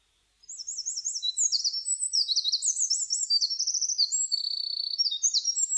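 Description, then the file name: Eurasian wren song, a long, loud, high outpouring of fast trills and rattling phrases that shift pitch repeatedly, continuing without pause to the end. Recorded 23 July 2006. "060723 misosazai"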